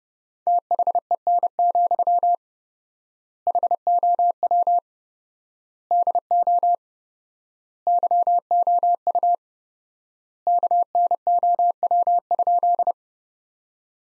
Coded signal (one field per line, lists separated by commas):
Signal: Morse code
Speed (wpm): 32 wpm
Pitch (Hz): 700 Hz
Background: none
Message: THEN, HOW DO YOU KNOW?